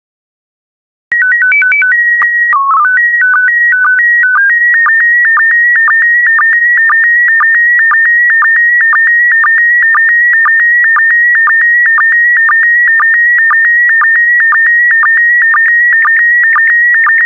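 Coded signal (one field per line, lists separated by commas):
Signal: SSTV (slow-scan television)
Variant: PD120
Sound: short calibration tones, then steady warbling tone near 1.9 kHz with rhythmic low sync chirps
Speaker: complete you can now check your decoded image against the picture that is shown on the video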